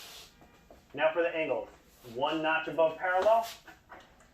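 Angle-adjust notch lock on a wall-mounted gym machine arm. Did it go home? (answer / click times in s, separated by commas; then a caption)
yes / 3.9 s. Someone talks while the metal arm of a wall-mounted gym machine is moved with its angle lever to one notch above parallel. A single click from the angle-adjust notch lock is heard at 3.9 s, and the arm is locked into place.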